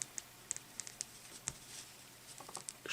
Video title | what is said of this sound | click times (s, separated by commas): Collectible Spot - Diamond Select Toys Marvel Minimates Villain Zombies Collection | Snaps into place. There's a little bit of snapping involved. | 1.0 s, 1.5 s